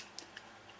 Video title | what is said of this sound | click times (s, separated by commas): RC ADVENTURES - Waterproofing RC, CHEAP! Example Model: Axial SCX10 RC Truck - Tutorial | once it click clicks you push a little bit and you go to the other side you can see it's starting to separate | 0.2 s, 0.4 s